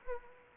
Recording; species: mosquito wingbeat signal from an infrared sensor; Anopheles arabiensis